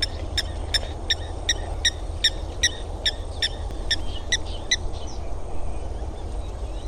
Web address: cantos avefriarmada